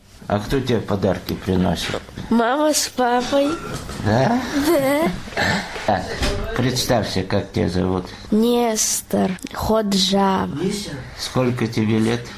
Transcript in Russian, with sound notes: А подарки кто тебе приносит? – Мама с папой. – (Смеется) Представься. Как тебя зовут? – Нестор Ходжава. – Сколько тебе лет?